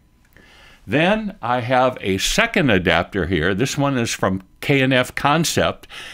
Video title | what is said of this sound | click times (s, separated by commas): Tamron Adaptall Interchangeable Lens Mounts | clockwise until there's a click | 0.4 s